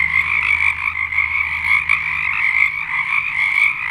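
Frogs calling en masse, continuous overlapping trills forming a steady buzzing chorus over a faint low hum.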